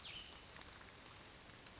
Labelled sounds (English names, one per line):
Cassin's Vireo